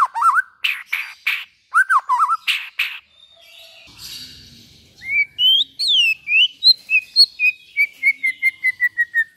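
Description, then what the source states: White-rumped shama song, loud varied whistles and chirps, a short pause with a faint low hum, then a rising whistle and a quick run of clear notes gradually falling. Used as a lure for trapping.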